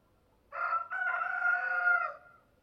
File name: Rooster Sound